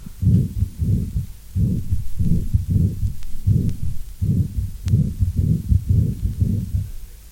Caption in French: Un souffle holosystolique d'insuffisance mitrale. Malgré l'arythmie complète, son intensité ne varie pratiquement pas d'une contraction à l'autre.